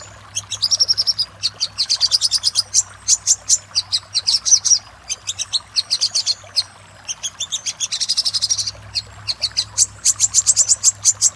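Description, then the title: Little spiderhunter song of dense, high, rapid chips forming stuttering trills, pausing briefly around the middle before resuming; faint low hum behind. For training cage birds. "Masteran Burung Sogok Ontong Labaik"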